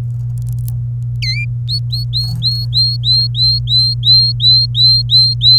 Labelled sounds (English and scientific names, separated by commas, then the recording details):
Domestic Canary (Serinus canaria) song
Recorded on 27 April 2018 at 08:17
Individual llb3